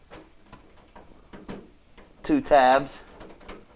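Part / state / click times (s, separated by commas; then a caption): thermistor cover going onto a refrigerator freezer wall / seated / 3.5 s. A plastic thermistor cover is pressed onto its two tabs on the freezer wall of a Whirlpool refrigerator during a repair for ice buildup in the bottom of the freezer and its drain tube. Faint ticks and taps are heard while someone talks. A sharp click at 3.5 s marks the cover snapping back into place, seated.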